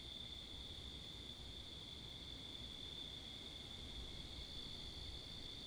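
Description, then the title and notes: Cricket chorus, an even high-pitched trilling hum, set against a wash of low traffic and wind noise. Crickets with cars and wind, Wakefield, Rhode Island, 10 October 2021, 11:35pm at night; recorded facing northeast with two Rode NTG-3 shotgun mics on a Sound Devices MixPre 10ii. "Oct 10th 2021 11:35pm Wakefield, Rhode Island. Crickets, Cars, and Wind"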